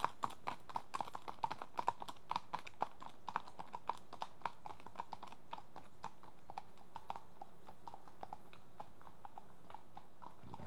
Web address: BBC Sound Effects Library BBC 37-Horses. Two horses at walk on tarmac